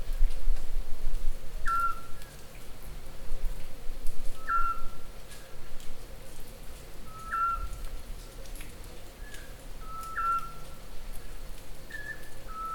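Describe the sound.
Scops owl giving a single short whistled note, steady in pitch, repeated every few seconds over background hiss.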